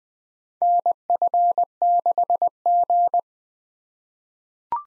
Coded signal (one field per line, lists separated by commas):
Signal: Morse code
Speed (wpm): 20 wpm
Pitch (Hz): 700 Hz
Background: none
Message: NF6G